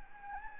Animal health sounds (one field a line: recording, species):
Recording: mosquito wingbeat signal from an infrared sensor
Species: Anopheles gambiae